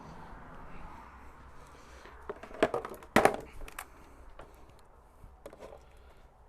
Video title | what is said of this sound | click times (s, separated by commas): Alternator replacement on a 1997-2001 V6 Toyota Camry | and then put this bottom plug on make sure it clicks into place | 3.2 s